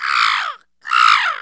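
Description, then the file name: Bird calling, two loud harsh cawing notes about half a second each, separated by a short silence. "uccelli birds"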